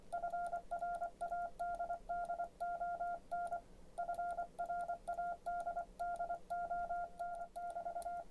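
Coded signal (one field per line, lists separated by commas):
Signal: Morse code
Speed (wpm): 24 wpm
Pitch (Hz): 700 Hz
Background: none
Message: FRADDON FRADDON<BT>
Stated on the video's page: Sent on a loaned Begali Sculpture Janus dual-paddle key.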